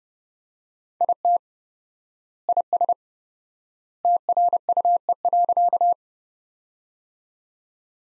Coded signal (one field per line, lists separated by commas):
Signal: Morse code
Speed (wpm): 30 wpm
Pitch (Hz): 700 Hz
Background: none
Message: IT IS TRUE.